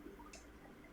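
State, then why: Seated. A retaining clip is pushed into the body of a motorbike ignition (key) switch during reassembly. It snaps into the housing with a single soft hit at 0.3 s, heard over a low steady background, and the clip has caught and is seated.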